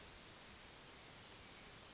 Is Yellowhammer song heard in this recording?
no